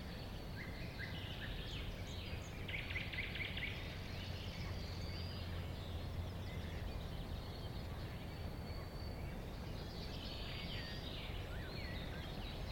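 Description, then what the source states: Thrush nightingale song, faint: a few chock notes and a rapid rattling phrase, over constant low background noise. Recorded at a woodland edge next to a lake, in 2001.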